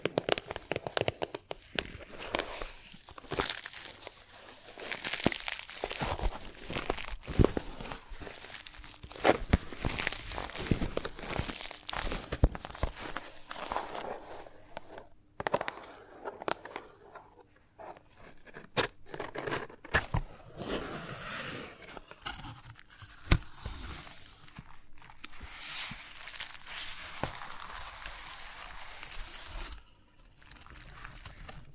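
Chalk scratching and carving against a surface, with dense, gritty scraping strokes that fill most of the clip. Sharp taps and crunchy clicks break in irregularly, and the strokes thin out in brief pauses near 15 and 30 seconds before resuming.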